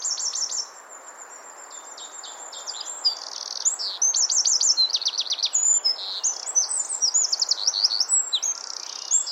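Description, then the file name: Eurasian wren song: a brief loud high phrase, a softer passage, then a long rush of piercing notes and rapid rattling trills that run to the end. "Troglodytes troglodytes"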